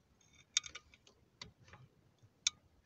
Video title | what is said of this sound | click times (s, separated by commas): Mitsubishi outlander 3. Кронштейн для CB антенны. Окончание и проверка КСВ | до щелчка подключил чуть-чуть | 2.5 s